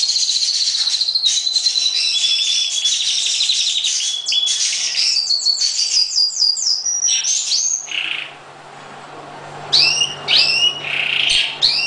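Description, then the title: Oriental magpie-robin song of rapid high chattering trills and swooping notes, a brief pause, then a few loud separate sweeping whistles. "Kicau Kacer Durasi Panjang 1jam Lebih"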